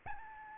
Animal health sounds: mosquito wingbeat signal from an infrared sensor; Aedes albopictus

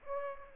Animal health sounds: mosquito wingbeat signal from an infrared sensor; Aedes aegypti

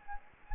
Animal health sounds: mosquito wingbeat signal from an infrared sensor; Anopheles gambiae

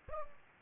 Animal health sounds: mosquito wingbeat signal from an infrared sensor; Aedes aegypti

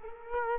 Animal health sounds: mosquito wingbeat signal from an infrared sensor; Culex quinquefasciatus

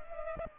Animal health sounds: mosquito wingbeat signal from an infrared sensor; Culex pipiens

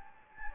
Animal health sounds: mosquito wingbeat signal from an infrared sensor; Anopheles gambiae

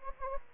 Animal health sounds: mosquito wingbeat signal from an infrared sensor; Anopheles gambiae

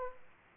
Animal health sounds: mosquito wingbeat signal from an infrared sensor; Aedes aegypti

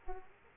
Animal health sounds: mosquito wingbeat signal from an infrared sensor; Aedes aegypti

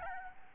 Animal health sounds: mosquito wingbeat signal from an infrared sensor; Aedes albopictus

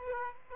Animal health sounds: mosquito wingbeat signal from an infrared sensor; Aedes aegypti

